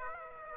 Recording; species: mosquito wingbeat signal from an infrared sensor; Aedes aegypti